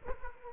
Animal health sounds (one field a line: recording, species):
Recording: mosquito wingbeat signal from an infrared sensor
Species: Culex quinquefasciatus